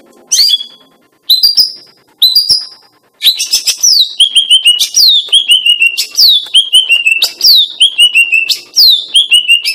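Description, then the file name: Greater green leafbird song: a few sharp high notes, then a rapid run of downslurred whistled phrases, loud and repeated without pause. Female bird. "cucak ijo betina"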